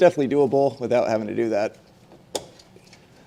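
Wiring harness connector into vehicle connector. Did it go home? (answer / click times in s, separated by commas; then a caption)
yes / 2.4 s. A Curt 5th wheel/gooseneck custom wiring harness connector is pushed into the vehicle connector under a 2020 Chevrolet Silverado 2500, in a tight space near the spare tire. Someone talks, then a sharp click at 2.4 s marks the connector snapping into place, followed by a few faint ticks. The connector is confirmed seated and clipped in.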